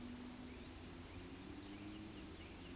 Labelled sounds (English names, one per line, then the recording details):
Eurasian Woodcock whistle
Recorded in Baden-Württemberg, Germany, on 13 June 2021 at 19:56 UTC
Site 23718, 552 m above sea level